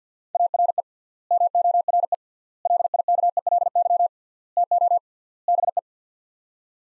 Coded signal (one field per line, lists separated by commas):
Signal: Morse code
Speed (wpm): 50 wpm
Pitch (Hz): 700 Hz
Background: none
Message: ARE MORE LIKELY TO BE